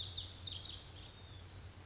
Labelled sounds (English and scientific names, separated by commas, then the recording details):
Pacific Wren (Troglodytes pacificus)
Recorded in Sonoma County, California